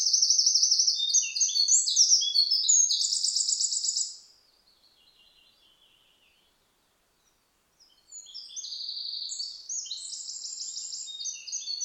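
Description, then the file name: Eurasian wren singing two loud bursts of high, rapid trills and chattering notes, the first for about four seconds, then a quiet gap, then a second burst. "Troglodytes troglodytes"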